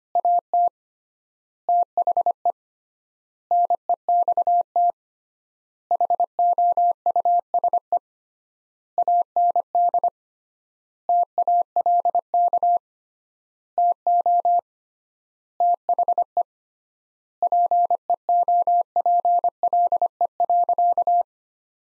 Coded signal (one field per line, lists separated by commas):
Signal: Morse code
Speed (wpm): 25 wpm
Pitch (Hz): 700 Hz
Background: none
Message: AT THE NEXT HOUSE AND TALK TO THE PEOPLE.